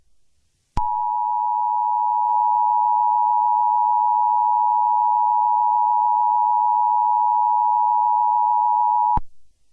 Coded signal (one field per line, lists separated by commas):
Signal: Emergency Alert System (SAME) tones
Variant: 853 and 960 Hz attention tone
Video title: emergency alert system but it goes really wrong